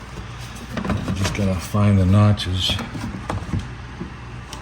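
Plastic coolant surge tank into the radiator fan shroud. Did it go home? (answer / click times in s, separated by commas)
no / none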